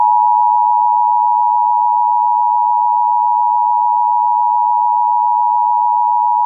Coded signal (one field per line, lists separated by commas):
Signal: Emergency Alert System (SAME) tones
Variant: 853 and 960 Hz attention tone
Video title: EAS Civil Emergency Message Texas